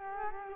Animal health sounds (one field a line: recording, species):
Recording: mosquito wingbeat signal from an infrared sensor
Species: Culex quinquefasciatus